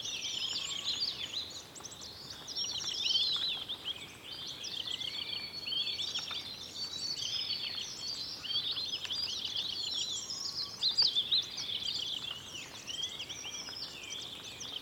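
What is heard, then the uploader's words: A lively morning chorus fills an old-growth pine forest after rain, with many birds calling and chirping at once in a dense, high, overlapping tangle that never stops. Occasional sharp drips and ticks punctuate the singing, over a faint, steady background hush. Mountain Meadow After Rain. The morning after rain at tare old-growth Pine forest on 3100m in Indian Himalayas, Sikkim region. The recording was made in the morning after night rain with water drops still dripping down from the Pine trees. The birds were very active and diverse. Recording by Jan Brelih.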